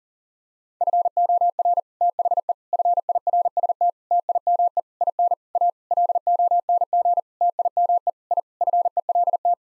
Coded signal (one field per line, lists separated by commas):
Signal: Morse code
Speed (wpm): 40 wpm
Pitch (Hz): 700 Hz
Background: none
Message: FOR THE FIRST TIME IN A LONG TIME I FELT